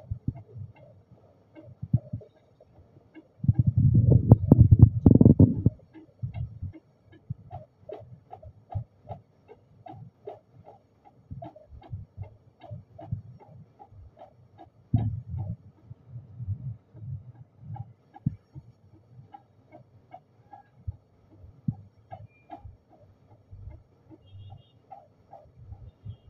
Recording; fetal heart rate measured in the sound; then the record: fetal heartbeat by stethoscope microphone, probably a fetal Doppler's sound; 153 bpm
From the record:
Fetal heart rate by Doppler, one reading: 161 bpm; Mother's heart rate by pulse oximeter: 78 bpm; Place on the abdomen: lower left side of abdomen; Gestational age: 39+ weeks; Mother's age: 23 years